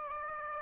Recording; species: mosquito wingbeat signal from an infrared sensor; Aedes aegypti